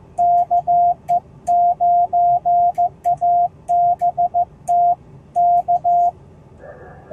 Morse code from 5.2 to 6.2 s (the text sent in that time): K